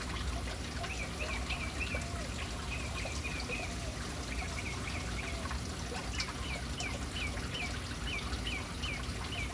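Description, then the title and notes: Birds give repeated short chirps, several to a second at times, in loose runs throughout, above a continuous wash of falling fountain water. City birds hanging around an urban fountain. "Urban birds at fountain. Relaxing sounds of City Birds hanging around fountain"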